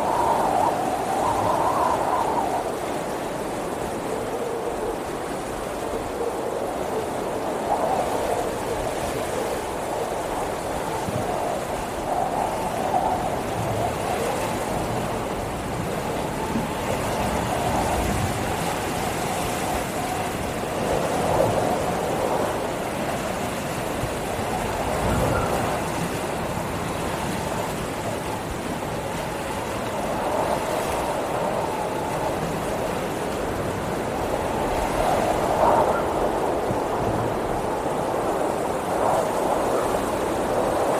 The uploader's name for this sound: Windy Pink & White Noise